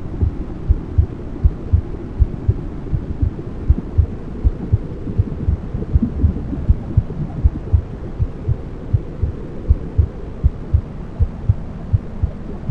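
Simulated womb sounds: a steady low whooshing rumble with a soft, regular heartbeat thumping at about 80 beats per minute, made to help a baby sleep.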